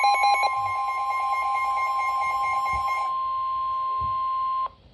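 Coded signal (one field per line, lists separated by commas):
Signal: Emergency Alert System (SAME) tones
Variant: 1050 Hz attention tone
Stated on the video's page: Severe thunderstorm warning from NOAA Weather Radio transmitter KIG86, Columbus, Ohio.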